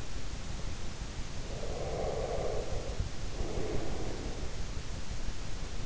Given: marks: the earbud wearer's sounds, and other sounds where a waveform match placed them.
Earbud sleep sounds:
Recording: sounds in sleep by an in-ear microphone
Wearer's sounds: breath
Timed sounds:
1.27-4.73 s: breath

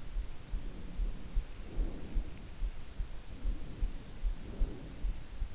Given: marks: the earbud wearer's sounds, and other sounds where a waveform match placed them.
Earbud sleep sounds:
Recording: sounds in sleep by an in-ear microphone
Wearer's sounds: breath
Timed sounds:
0.50-2.31 s: breath
3.50-5.34 s: breath

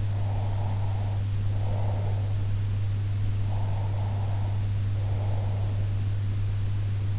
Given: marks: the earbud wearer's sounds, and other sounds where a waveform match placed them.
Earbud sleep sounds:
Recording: sounds in sleep by an in-ear microphone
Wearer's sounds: breath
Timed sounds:
0.00-2.29 s: breath
3.34-5.80 s: breath

